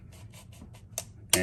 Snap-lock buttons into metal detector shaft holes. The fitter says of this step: and there they go snap locked into place you